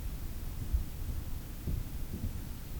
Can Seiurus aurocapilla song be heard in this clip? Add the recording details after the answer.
no. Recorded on 26 June 2016 at 07:26. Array SBT-6-76